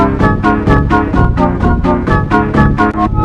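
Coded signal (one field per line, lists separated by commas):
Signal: none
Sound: electronic music beeps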